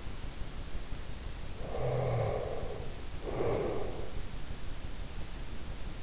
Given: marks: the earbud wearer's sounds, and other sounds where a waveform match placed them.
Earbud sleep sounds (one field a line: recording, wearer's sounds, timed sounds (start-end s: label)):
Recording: sounds in sleep by an in-ear microphone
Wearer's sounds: breath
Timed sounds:
1.57-4.14 s: breath